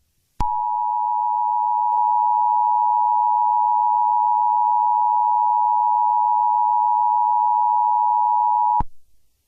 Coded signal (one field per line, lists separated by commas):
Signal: Emergency Alert System (SAME) tones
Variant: 853 and 960 Hz attention tone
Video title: Eas scenario-the killer